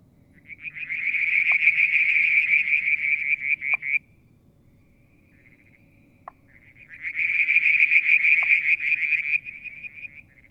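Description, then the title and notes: Frog calls in two loud bursts of rapid pulsed trilling separated by a quiet gap, over faint low background noise. Mount Wilson, New South Wales, Australia; July 2022; evening, near a water tank. "Frog song, Mount Wilson, New South Wales, Australia in July 2022 – by Alexander Moffatt. Limnodynastes Peronii, Litoria Verreauxii and a mystery frog one evening near the water tank"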